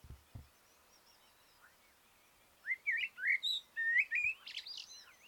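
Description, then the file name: Common blackbird song: a series of mellow whistled notes rising and falling, ending in higher squeaky twitter; faint low thumps early on. "Turdus merula"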